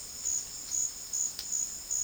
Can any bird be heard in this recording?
no